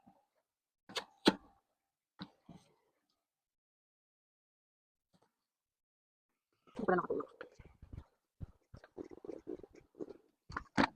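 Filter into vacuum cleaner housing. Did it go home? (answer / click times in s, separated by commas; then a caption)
no / none. A vacuum cleaner filter is handled as it is put back into the vacuum cleaner housing, with a few short knocks and rustles while someone talks. Nothing has seated or clicked yet; the clip ends just before the filter locks into place.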